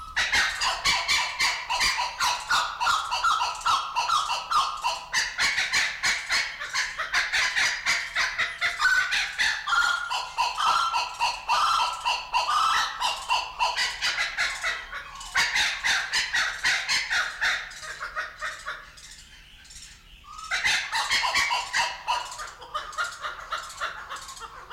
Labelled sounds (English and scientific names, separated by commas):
Blue-winged Kookaburra (Dacelo leachii) call